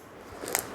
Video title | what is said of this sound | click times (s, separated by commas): कम लागत में सबसे आसान बिजनेस - घर पर ही डालो यह mini factory - Best Home Business | यह देखिए लॉक टूट गया। | 0.5 s, 0.6 s